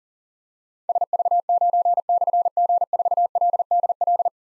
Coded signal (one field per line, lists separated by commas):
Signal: Morse code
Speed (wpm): 42 wpm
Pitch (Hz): 700 Hz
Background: none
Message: SV9/G4LDL